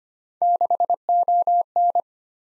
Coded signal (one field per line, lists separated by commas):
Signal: Morse code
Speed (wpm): 25 wpm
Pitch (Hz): 700 Hz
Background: none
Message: 6ON